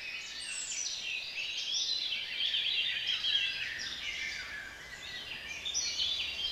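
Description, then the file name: Quieter chorus of birds giving rapid high chirps and trills, notes overlapping continuously, with soft hiss behind. "relaksacja odglosy ptakow"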